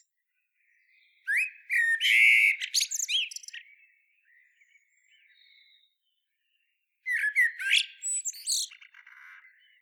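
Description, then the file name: Common blackbird song: a fluty phrase ending in high chattering squeaks, a quiet gap, then a second squeaky, twittering phrase. "Turdus merula"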